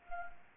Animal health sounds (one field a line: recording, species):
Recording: mosquito wingbeat signal from an infrared sensor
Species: Anopheles gambiae